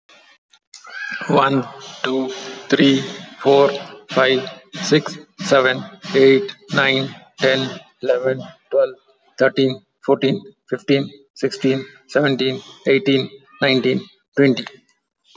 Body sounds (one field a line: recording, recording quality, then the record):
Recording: counting at a normal pace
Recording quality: excellent, no background noise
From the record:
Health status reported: healthy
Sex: male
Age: 57 years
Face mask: not worn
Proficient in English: yes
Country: India